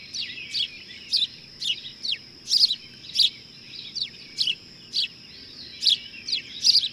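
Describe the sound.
Bird chirping in a steady series of sharp, high notes, over a continuous high-pitched whine.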